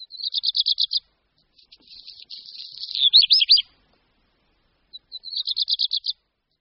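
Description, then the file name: Black redstart singing one song of rapid rattled notes, a hissing crackle and a looping ending, then starting the next rattle. "Rehek-domácí"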